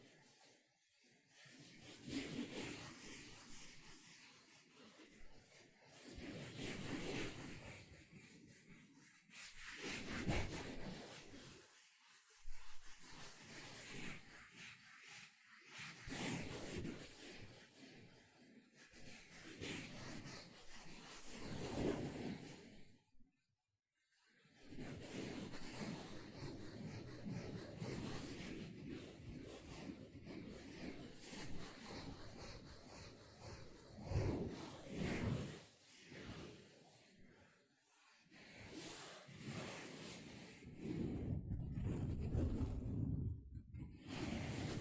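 A sponge is scratched, squished and brushed in bursts of rough, hissing friction that run from deep to bright. The strokes come in irregular runs of a few seconds with short pauses between, including a near-silent gap around 23 seconds. Wet, squelchy textures surface in places.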